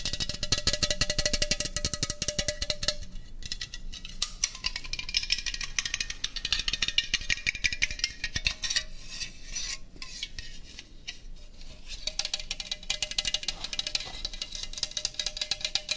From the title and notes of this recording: Mukbang ASMR Food Döner & Coca Cola.